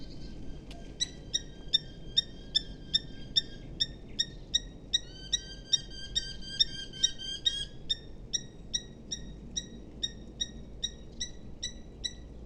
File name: Alcotan europeo Falco subbuteo